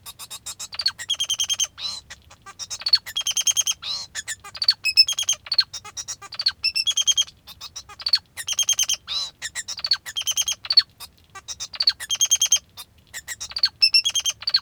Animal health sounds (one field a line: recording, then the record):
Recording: song of a male Bengalese finch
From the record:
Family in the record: father 2